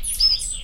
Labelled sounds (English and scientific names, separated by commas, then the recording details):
Stitchbird (Notiomystis cincta) song
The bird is a male
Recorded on Tiritiri Matangi Island, New Zealand, in 2005
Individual 19, of nest box 27